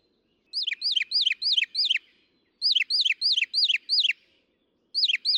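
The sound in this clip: Northern mockingbird song: an arched slurred note repeated several times in quick succession, a pause, another such series, then the start of a third.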